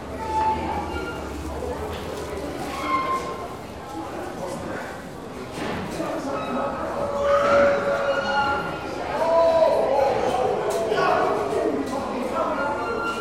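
A crowded main platform inside the cavernous Broadway Junction station, with many people passing and overlapping voices forming a dense, steady murmur. Footsteps and scattered clacks come through throughout, and a low hum runs underneath. Brief tonal squeals and chimes rise around eight to ten seconds.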